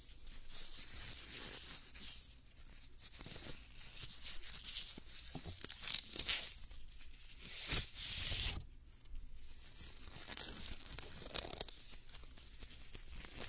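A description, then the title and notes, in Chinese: Muffled ear-cupping and covering sounds fill the whole stretch, a dense crinkly rustle with soft low thuds beneath. Sharper, louder pops and whooshes stand out near six and eight seconds, and the texture eases slightly afterward while continuing steadily. 捂耳 耳朵拔罐 深海炸弹。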